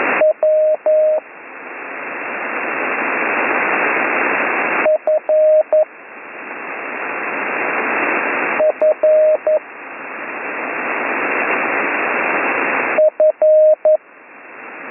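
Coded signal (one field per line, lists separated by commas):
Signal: Morse code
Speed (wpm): 11 wpm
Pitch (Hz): 620 Hz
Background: radio noise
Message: W FF F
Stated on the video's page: Slow Morse code course lesson, week 6.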